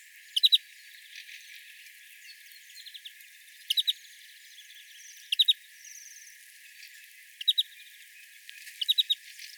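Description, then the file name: Greenfinch calls, short clusters of sharp high chips repeated every few seconds, with faint softer twitters between. "Chloris chloris"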